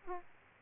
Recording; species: mosquito wingbeat signal from an infrared sensor; Aedes aegypti